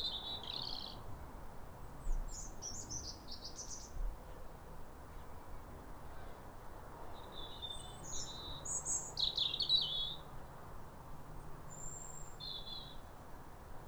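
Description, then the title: European robin song: short high warbled phrases with quick twittering notes and thin whistles, delivered in scattered bursts with gaps between them. Pair of robins in neighbouring gardens singing wistful phrases like a duet, as if chatting over the fence, at a clear, calm, rosy New Year sunrise in winter after weeks of rain. "Sound Escape 150: Be uplifted by a chorus of New Year's robins"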